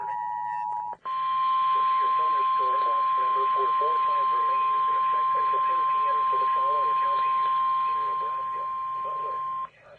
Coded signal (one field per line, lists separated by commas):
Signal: Emergency Alert System (SAME) tones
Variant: 1050 Hz attention tone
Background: speech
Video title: (EAS #1,092 - #1,122) FIREWORKS AND LIGHTNING... HOW LOVELY - EAS Alerts from 7/4/23